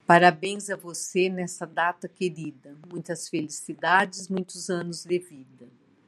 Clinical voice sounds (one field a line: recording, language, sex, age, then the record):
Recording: short text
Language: Brazilian Portuguese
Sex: female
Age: 50 to 59 years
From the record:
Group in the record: control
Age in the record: 59 years